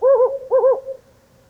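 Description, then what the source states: Hume's owl hooting: two deep, mellow hoots in quick succession, each with a slight wavering double pulse, fading out with a soft lingering tail. Male giving compound hooting during a lunar eclipse.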